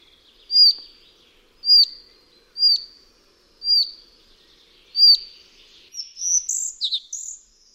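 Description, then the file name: Collared flycatcher giving five thin, high, slightly falling whistled notes about once a second, then a brief squeaky, varied song phrase. "MUCHOŁÓWKA BIAŁOSZYJA"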